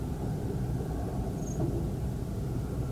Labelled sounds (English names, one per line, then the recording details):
Common Blackbird
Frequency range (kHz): Common Blackbird 6.3-7.0 kHz
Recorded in France